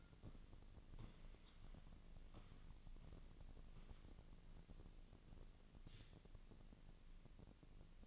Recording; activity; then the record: daily activity, microphone in the room; walk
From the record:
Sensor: 4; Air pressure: 1013.0 hPa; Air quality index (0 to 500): 174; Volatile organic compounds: 2 ppm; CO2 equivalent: 1101 ppm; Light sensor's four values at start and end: 61/150/64/68 and 60/149/63/67